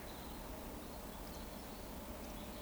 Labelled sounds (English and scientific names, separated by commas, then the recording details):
Eurasian Woodcock (Scolopax rusticola) whistle
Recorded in Baden-Württemberg, Germany, on 12 June 2020 at 20:00 UTC
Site 14569, 102 m above sea level